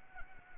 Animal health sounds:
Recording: mosquito wingbeat signal from an infrared sensor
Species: Anopheles arabiensis

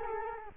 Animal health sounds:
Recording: mosquito wingbeat signal from an infrared sensor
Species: Culex quinquefasciatus

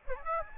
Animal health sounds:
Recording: mosquito wingbeat signal from an infrared sensor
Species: Aedes aegypti

